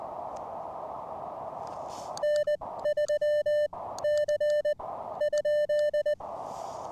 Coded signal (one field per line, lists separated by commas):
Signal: Morse code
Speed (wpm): 19 wpm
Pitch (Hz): 590 Hz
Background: none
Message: N3C?